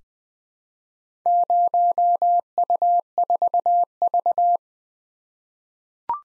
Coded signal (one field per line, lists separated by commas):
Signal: Morse code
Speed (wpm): 20 wpm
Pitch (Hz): 700 Hz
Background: none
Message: 0U4V